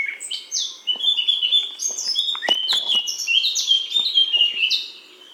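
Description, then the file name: Eurasian blackcap warbling song, a dense stream of quick, varied whistles and chirps at steady loudness, with a few faint clicks underneath. "Sylvia atricapilla"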